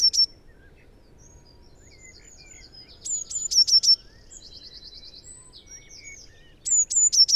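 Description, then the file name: Eurasian blue tit song: high thin notes sliding into a quick run of lower repeated notes, given twice in full with the end of another phrase at the start, plus a buzzy trill and scattered chirps between. "Cyanistes caeruleus"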